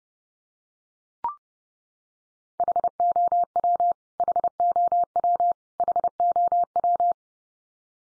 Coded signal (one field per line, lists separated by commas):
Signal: Morse code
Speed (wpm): 30 wpm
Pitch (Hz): 700 Hz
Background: none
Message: HOW HOW HOW